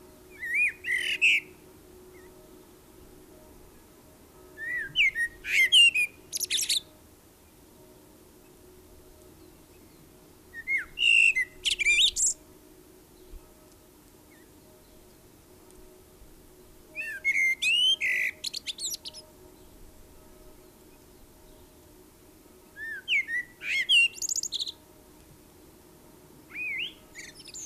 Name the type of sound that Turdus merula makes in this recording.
song